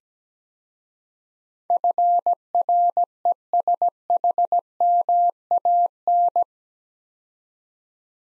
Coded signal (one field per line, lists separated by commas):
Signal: Morse code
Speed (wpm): 17 wpm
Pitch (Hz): 700 Hz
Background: none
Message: FRESHMAN